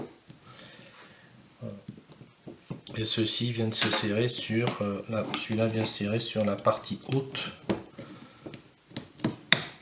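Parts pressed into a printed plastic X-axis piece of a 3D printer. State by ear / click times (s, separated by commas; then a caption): seated / 9.5 s. Parts are pressed into the printed plastic upper section of a Prusa i3 MK2 3D printer's X axis while someone talks, with soft handling knocks throughout. They seat with a sharp, loud knock at 9.5 s, fitting properly home.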